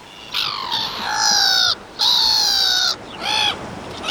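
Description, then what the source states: Black-headed Gull calls: several harsh, nasal, drawn-out squawks over a steady low hiss. The call seems to laugh; said not to be a seabird, contrary to what one might think.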